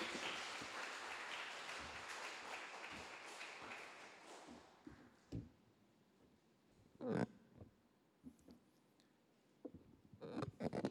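A crowd at an evening church service applauds steadily for about four seconds to welcome a guest pastor, the clapping then thinning and fading away, followed by scattered soft knocks and thumps in near-quiet.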